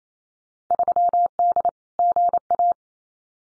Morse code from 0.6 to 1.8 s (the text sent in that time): 3D